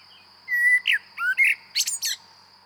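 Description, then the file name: Common blackbird song phrase: a few fluted whistles followed by a high, squeaky twittering flourish, with a steady high-pitched hum throughout. "Turdus merula"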